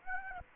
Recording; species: mosquito wingbeat signal from an infrared sensor; Aedes aegypti